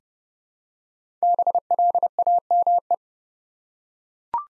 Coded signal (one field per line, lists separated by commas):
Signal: Morse code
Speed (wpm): 29 wpm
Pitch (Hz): 700 Hz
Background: none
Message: BLAME